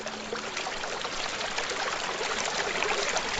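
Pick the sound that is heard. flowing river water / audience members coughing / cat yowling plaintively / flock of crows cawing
flowing river water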